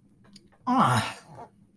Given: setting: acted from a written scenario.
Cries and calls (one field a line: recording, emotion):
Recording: vocal sound without words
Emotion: disgust